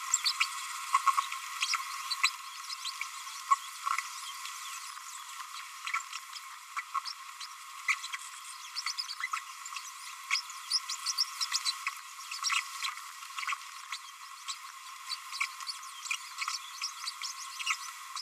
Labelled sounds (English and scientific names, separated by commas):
Green-rumped Parrotlet (Forpus passerinus) babbling